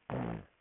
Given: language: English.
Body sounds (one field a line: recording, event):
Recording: throat vibration sensor signal played as sound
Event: throat clearing